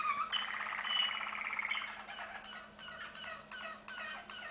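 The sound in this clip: Canary song opening with a fast buzzy trill, then a series of short chirping notes repeated at a quick, uneven pace.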